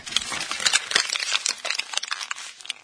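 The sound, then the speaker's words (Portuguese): Papers being picked up and shuffled to read out an email, a steady stream of crisp rustling and crinkling bursts that keeps going for a few seconds with no one speaking. “Outro e-mail que chegou aqui, deixa eu pegar os papéis aqui.”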